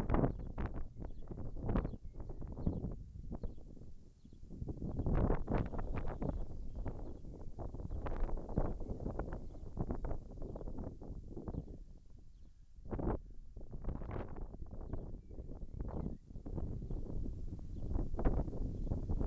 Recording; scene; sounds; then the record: everyday scene through a hearing-aid microphone; wind on the microphone; wind, birds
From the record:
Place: in front of a rural house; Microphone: behind the ear, left, front